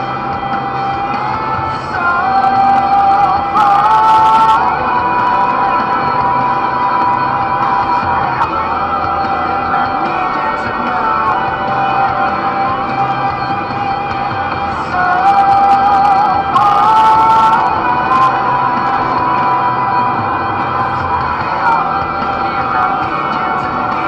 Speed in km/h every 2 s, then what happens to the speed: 86, 88, 90, 93, 93, 95, 90, 91, 88, 90, 90, 90.
0-9 speeds up to 95. 9-24 steady at about 90.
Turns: none.